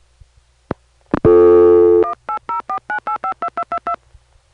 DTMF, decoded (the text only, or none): 18049852222